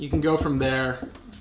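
A leg segment of a small flexible plastic tripod is being bent toward its joint while someone talks. Nothing has seated or clicked yet, and the clip ends before the segment snaps into place.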